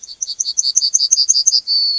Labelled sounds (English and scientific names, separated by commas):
Yellowhammer (Emberiza citrinella) song